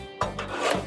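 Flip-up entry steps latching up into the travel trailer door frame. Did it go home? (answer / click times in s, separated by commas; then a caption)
yes / 0.2 s. The metal flip-up entry steps at the main entry door of a 2024 Crossroads RV Fun Time 290SK travel trailer are lifted to retract them, latching up into the door frame. A sharp knock sounds at 0.2 s, followed by a softer knock at 0.4 s and a brief rubbing scrape. The steps snap into their stowed position.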